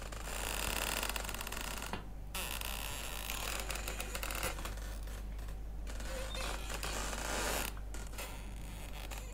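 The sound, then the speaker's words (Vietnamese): A hammock creaks back and forth in a bedroom in a steady swaying rhythm, the rasping, squeaky creaks loud and continuous with brief pauses between swings, and no voices. “Vừa quăng cái quạt cặp xuống đất, toan xuống sân kiếm cái chổi để quét dọn, thì ở trong buồng vang lên có tiếng kẽo ca kẽo kẹt, giống như ai đang nằm đưa võng vậy.”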